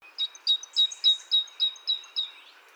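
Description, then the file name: Great tit singing a quick series of about eight sharp, high, ringing notes, each with a brief upper flick, delivered at a steady rapid pace. "Parus major"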